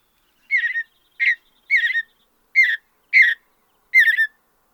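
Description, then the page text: Mountain bluebird song: six short warbled whistled phrases around a mid-high pitch, spaced under a second apart, on a clean quiet background. "Andrew Spencer - Голубая сиалия (Sialia currucoides)"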